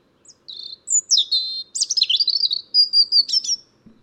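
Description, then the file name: European robin song: a thin, high warbled phrase of quick varied notes, sliding whistles and trills. "Erithacus rubecula"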